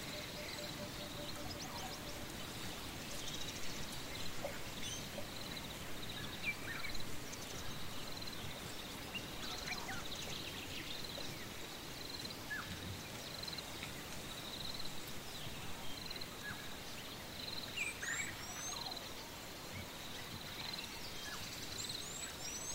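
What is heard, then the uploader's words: Outdoors in the African bush, a steady wash of wind carries a constant high insect drone, with scattered bird chirps and calls throughout. Relaxing Sounds Of The African Bush. Birds, wind an other wildlife.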